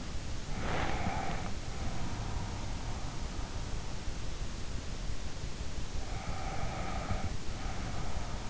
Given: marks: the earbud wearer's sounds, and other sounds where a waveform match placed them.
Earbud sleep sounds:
sounds in sleep by an in-ear microphone; breath
0.70-2.87 s: breath
6.11-8.49 s: breath

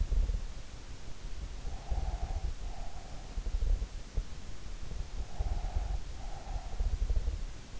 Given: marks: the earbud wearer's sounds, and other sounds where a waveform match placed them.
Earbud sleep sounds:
sounds in sleep by an in-ear microphone; breath
1.69-3.43 s: breath
5.02-7.06 s: breath

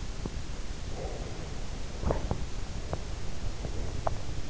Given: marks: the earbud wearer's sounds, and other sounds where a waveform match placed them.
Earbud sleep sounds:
sounds in sleep by an in-ear microphone; breath, teeth grinding
0.65-1.94 s: breath
2.05-4.19 s: teeth grinding

